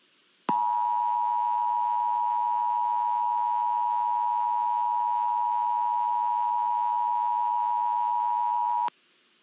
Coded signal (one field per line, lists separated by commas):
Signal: Emergency Alert System (SAME) tones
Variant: 853 and 960 Hz attention tone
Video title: EAS Scenario #6: La Palma Tsunami